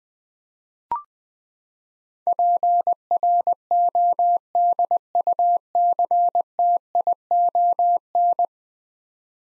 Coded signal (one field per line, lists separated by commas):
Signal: Morse code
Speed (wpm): 20 wpm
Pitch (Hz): 700 Hz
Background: none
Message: PRODUCTION